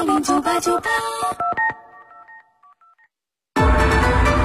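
A rapid run of short, bright telephone keypad dialing beeps, several in quick succession, trailing off into fading electronic tones, then a brief silence before a loud, full burst of sound.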